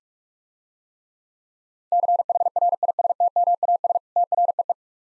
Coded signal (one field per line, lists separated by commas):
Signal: Morse code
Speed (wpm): 45 wpm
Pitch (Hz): 700 Hz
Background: none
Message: CHRISTMAS TREE